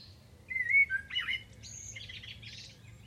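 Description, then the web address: Bird phrase: two clear whistled notes followed by a dry, buzzy, higher-pitched chatter that fades out, with faint low background hum. "Deverinetal. Bird Only"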